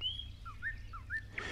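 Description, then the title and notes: Thrush nightingale song: a thin drawn-out whistle followed by short slurred notes, ending in a brief harsh burst, with low hum beneath. "Satakieli. Pertti Purhonen"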